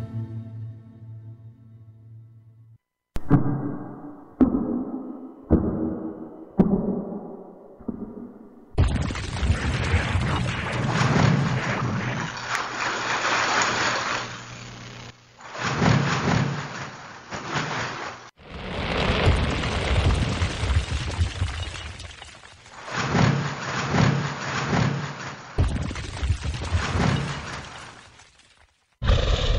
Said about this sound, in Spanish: Bien, pues, ¿qué escuchaste? Escuché agua, escuché chapoteo, escuché, sí, charco, chapoteo, rascando el agua, el lodo, el charco